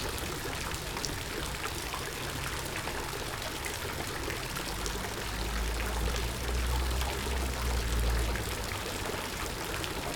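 Field recording in Linz: steady trickling, pouring water throughout, with a low rumble swelling between five and eight seconds.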